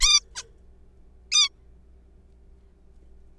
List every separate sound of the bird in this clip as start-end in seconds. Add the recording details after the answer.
0.01-0.20, 0.35-0.43, 1.32-1.49. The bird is a juvenile. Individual R3428